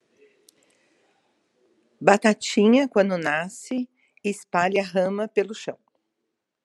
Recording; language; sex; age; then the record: short text; Brazilian Portuguese; female; 50 to 59 years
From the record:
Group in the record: control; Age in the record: 58 years